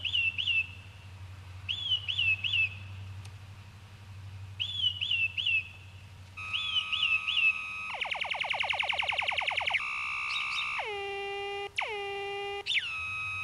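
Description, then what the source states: Northern Mockingbird: short whistled notes with upward flicks in small groups, then electronic-sounding sweeps and a buzzy pulsing tone. Singing at night in Balboa Park, San Diego, in 1976, responding to electronically generated sounds played from a portable cassette recorder; the species imitates animal sounds and noises, even car alarms.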